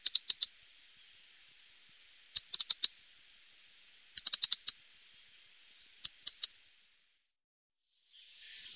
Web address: Faglar Sound Rodhake